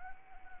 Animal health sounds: mosquito wingbeat signal from an infrared sensor; Anopheles arabiensis

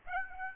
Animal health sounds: mosquito wingbeat signal from an infrared sensor; Aedes aegypti

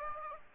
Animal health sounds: mosquito wingbeat signal from an infrared sensor; Aedes aegypti

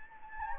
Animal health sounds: mosquito wingbeat signal from an infrared sensor; Anopheles gambiae

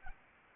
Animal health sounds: mosquito wingbeat signal from an infrared sensor; Anopheles arabiensis

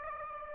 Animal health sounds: mosquito wingbeat signal from an infrared sensor; Aedes aegypti

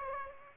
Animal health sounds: mosquito wingbeat signal from an infrared sensor; Aedes aegypti

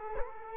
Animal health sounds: mosquito wingbeat signal from an infrared sensor; Culex quinquefasciatus

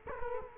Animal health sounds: mosquito wingbeat signal from an infrared sensor; Culex quinquefasciatus

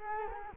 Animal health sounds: mosquito wingbeat signal from an infrared sensor; Culex quinquefasciatus

